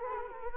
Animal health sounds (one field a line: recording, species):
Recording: mosquito wingbeat signal from an infrared sensor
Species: Culex quinquefasciatus